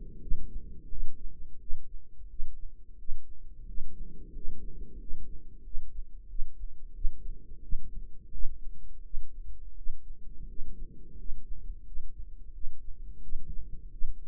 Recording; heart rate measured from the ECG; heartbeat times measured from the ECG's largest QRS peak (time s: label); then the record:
heart sounds by microphone in the right ear; 88 bpm
0.18 s: heartbeat
0.87 s: heartbeat
1.57 s: heartbeat
2.26 s: heartbeat
2.95 s: heartbeat
3.64 s: heartbeat
4.31 s: heartbeat
4.96 s: heartbeat
5.62 s: heartbeat
6.26 s: heartbeat
6.92 s: heartbeat
7.60 s: heartbeat
8.30 s: heartbeat
9.01 s: heartbeat
9.73 s: heartbeat
10.45 s: heartbeat
11.14 s: heartbeat
11.83 s: heartbeat
12.51 s: heartbeat
13.19 s: heartbeat
13.89 s: heartbeat
From the record:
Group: healthy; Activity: rest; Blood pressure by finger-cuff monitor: 120/78 mmHg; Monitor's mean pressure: 90 mmHg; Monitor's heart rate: 87 bpm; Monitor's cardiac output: 7.4 L/min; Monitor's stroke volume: 86 mL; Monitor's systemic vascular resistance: 890 dyn s/cm5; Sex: male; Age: 33 years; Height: 179 cm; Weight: 80.4 kg